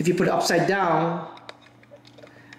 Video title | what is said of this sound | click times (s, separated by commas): SIM Card installation instructions MOFI4500 4G LTE Router | it also goes in but there's no click the only time you'll feel the click is if it's correct | none